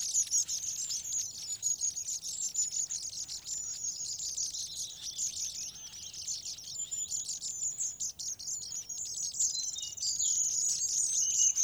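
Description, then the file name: Long-tailed tit chattering constantly in very high, thin, overlapping notes. "Staartmees"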